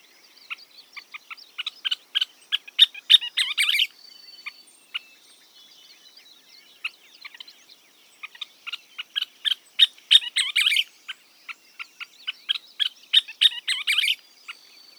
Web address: Audubon calls scissortailedflycatcher